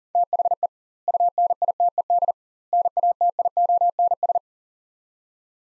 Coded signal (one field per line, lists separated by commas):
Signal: Morse code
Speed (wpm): 40 wpm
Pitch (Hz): 700 Hz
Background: none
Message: THE UNITED NATIONS